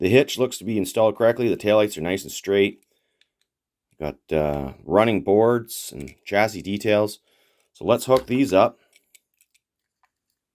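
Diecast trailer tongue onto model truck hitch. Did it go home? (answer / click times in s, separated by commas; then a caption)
yes / 9.2 s. Someone talks, then a 1/64 scale Greenlight Hitch & Tow diecast trailer tongue is hooked onto the tow hitch of a model truck, with small plastic or metal parts snapping together in a few faint ticks. A small click at 9.2 s marks the trailer seated on the hitch, which holds surprisingly strongly.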